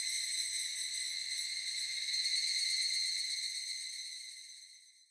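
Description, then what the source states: Evening cicada singing a sustained, shimmering high-pitched tone that fades away toward the end. Recorded on 18 July 2004.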